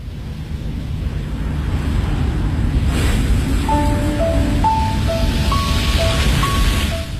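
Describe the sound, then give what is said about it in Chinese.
Steady, loud rushing wind sweeps through leaves for the whole stretch, a constant rustling hiss over a low rumble, with a few faint sustained tones appearing in the second half. “听到周围的很多的声音，火车声，风吹树叶的声音，昆虫鸟儿鸣叫的声音，还有心跳的声音，睡了吗？”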